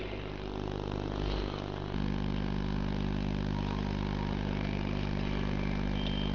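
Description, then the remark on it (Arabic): Engines of police vehicles used to arrest Christians idle with a steady, low rumbling drone and a constant harmonic hum, growing slightly louder and fuller after about two seconds, with no voices. “ودي عربيات الشرطة بتعتقل المسيحيين.”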